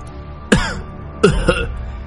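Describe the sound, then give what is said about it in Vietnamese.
A violent, choking cough from the Supreme Marshal as she pushes a heavy rock off herself in the ruins of the Alliance headquarters: a harsh, raspy burst, a brief pause, then two more strained hacks in quick succession, loud and with no talking. “Có tiếng ho sặc sụa vang lên, Tổng Nguyên Soái đẩy tảng đá đè nặng ở trên người ra, cả người ướt đẫm máu.”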